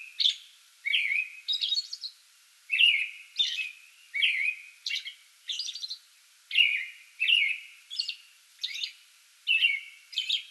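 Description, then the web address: American robin song: warbled, slurred whistle phrases delivered in quick succession, mixed with high squeaky notes, steady pace throughout. Pre-dawn song bout recorded 8 May 2022. "soundrecordings 2022-05-08 American Robin pre-dawn song bout"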